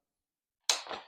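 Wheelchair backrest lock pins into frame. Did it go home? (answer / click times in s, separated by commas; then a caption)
yes / 0.7 s. The backrest of a Vive folding steel transport wheelchair is lifted while its release levers are held down, and the lock pins snap into the frame. After silence, a single sharp click at 0.7 s is followed by a brief metallic rattle that fades out by the end. The backrest pins are seated and locked in place.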